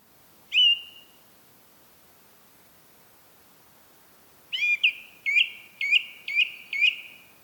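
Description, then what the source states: Song thrush song: a single clear whistled note, a pause of several seconds, then a phrase of about six short sharp notes repeated rapidly in series, with quiet background. Recorded at Rambjøra on 30 March 2023 with a Zoom recorder.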